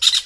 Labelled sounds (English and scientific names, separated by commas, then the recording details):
Brown-throated Parakeet (Eupsittula pertinax) contact call
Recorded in Venezuela
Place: Guárico; Corozopando; Fundo La Fe
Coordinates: 8.506, -67.593